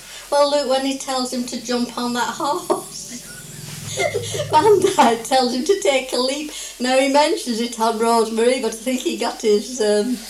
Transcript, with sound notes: Well look, when he tells him to jump on that horse. [laughs]
[general laughter]
Van Dyke tells him to take a leap. Now he mentions it on Rose Marie but I
think he got